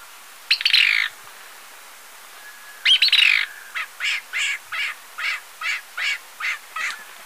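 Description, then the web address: Rufous-crowned Tody-Flycatcher giving two short buzzy bursts, then a steady series of about nine brief high notes. Recorded in Ecuador. "Birds of Ecuador. Rufous-crowned Tody-Flycatcher"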